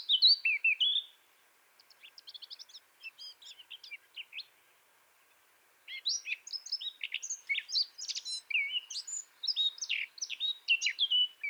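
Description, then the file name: Eurasian blackcap singing: a fluty opening phrase, a soft chattering passage, a gap, then a long bright warble of quick varied whistles and scratchy notes. "Sylvia atricapilla"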